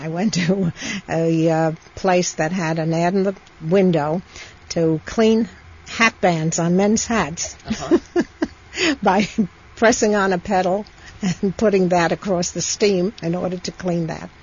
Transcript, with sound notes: And I went to a place that had an ad in a window to clean hat bands on men's hats (she laughs) by pressing on a pedal and putting the hat across the steam in order to clean that.